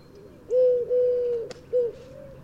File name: Eurasian Collared Dove Streptopelia decaocto